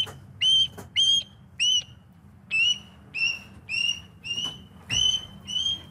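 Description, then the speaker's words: Osprey whistled calls: a steady series of about nine clear, high, slightly upslurred chirps over a faint low rumble. Declining in France; threatened according to an IUCN survey. "C'est le chant du balbuzard pêcheur."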